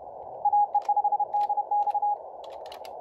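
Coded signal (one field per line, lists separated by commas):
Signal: Morse code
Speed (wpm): 31 wpm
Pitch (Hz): 820 Hz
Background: radio noise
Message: AE5DX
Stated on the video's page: Morse Runner practice.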